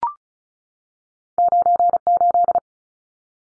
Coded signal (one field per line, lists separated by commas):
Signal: Morse code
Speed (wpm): 34 wpm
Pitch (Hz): 700 Hz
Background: none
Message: 98